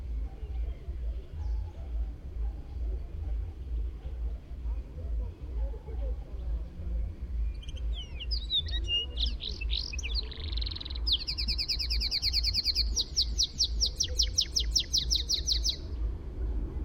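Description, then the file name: Atlantic canary song over a constant low rumbling hum: high chirps, then rapid, rolling trills of repeated notes lasting several seconds. "Kanariesiska"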